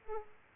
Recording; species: mosquito wingbeat signal from an infrared sensor; Aedes aegypti